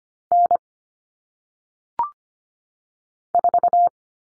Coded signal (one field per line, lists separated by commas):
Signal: Morse code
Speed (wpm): 25 wpm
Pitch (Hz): 700 Hz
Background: none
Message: N 4